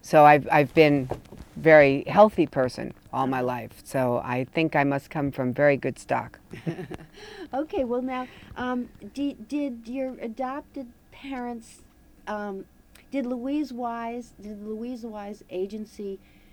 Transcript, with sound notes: So I — I've been very healthy person all my life. So I think I must come from very good stock. [chuckles]
Okay, well, now, did — did your adoptive parents — did Louise Wise, the Louise Wise Agency